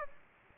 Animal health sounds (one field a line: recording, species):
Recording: mosquito wingbeat signal from an infrared sensor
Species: Aedes aegypti